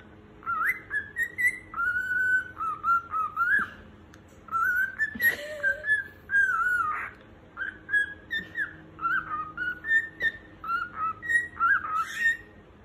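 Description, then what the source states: Cockatiel whistling a long, varied melody of clear tonal notes, rising and falling phrases separated by short pauses, with a faint low background hum. Whistling song of cockatiels, more than one bird.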